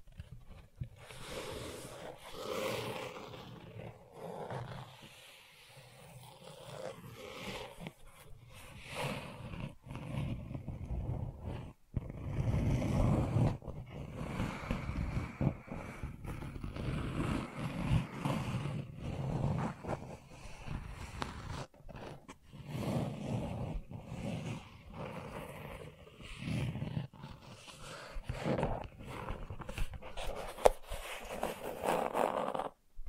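Gentle scratching goes on without a break, a dense run of soft rasping strokes with short bright flicks mixed in. The strokes come in uneven bursts, fuller between about 12 and 20 seconds, with brief near-silent gaps around 12 and 22 seconds.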